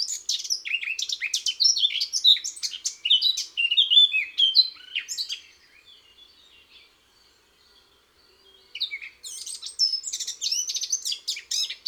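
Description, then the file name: Eurasian blackcap song: a fast, chattering warble that breaks off for a few seconds of near silence, then resumes with a scratchy burst. "Fauvette a tete noire"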